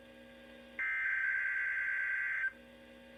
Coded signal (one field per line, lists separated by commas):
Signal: Emergency Alert System (SAME) tones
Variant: header bursts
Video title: Required weekly test (EAS #59) (Radios: midland hh54vp, wr400, hh50, broken wr100) ( KEC56 ) 5-13-20